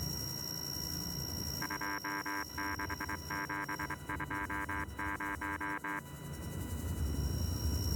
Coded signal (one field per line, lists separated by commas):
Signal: Morse code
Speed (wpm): 26 wpm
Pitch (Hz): 1600 Hz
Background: music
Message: 26720